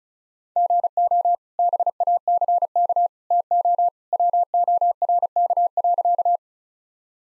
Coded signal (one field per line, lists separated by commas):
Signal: Morse code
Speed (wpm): 36 wpm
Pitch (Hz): 700 Hz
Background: none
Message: GO BACK TO WORK.